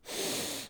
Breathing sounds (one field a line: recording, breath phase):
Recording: one breath near a microphone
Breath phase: inhalation